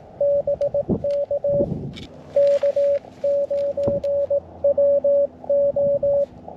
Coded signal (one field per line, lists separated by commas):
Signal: Morse code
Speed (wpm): 19 wpm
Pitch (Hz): 570 Hz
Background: radio noise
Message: BK K9WO